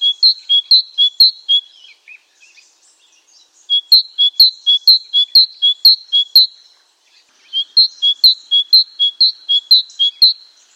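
Great tit repeating clear two-note whistled phrases in three bouts separated by brief gaps, the phrases brisk and evenly spaced at roughly two per second.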